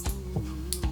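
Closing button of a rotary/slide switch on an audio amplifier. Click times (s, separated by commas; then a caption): 0.7 s. On a Sony TA-FB940R amplifier, the cleaned Source Direct switch is reassembled with its slider pusher greased, and the switch assembly is closed by pressing its button part on. A single sharp snap at 0.7 s stands out above a steady low hum and a few soft thumps. The button clicks into place without much resistance and is seated.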